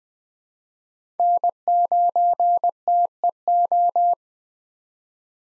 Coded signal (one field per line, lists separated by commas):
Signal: Morse code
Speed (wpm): 20 wpm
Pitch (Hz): 700 Hz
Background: none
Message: N9TEO